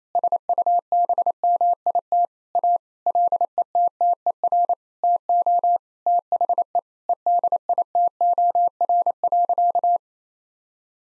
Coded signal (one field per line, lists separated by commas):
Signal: Morse code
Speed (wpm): 27 wpm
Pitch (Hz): 700 Hz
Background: none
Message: SUBMIT A LETTER TO THE EDITOR.